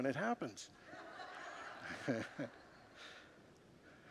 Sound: congregants laugh